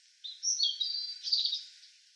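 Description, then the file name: European robin song: a single dense phrase of rapid high warbling and thin whistled notes. "Erithacus rubecula"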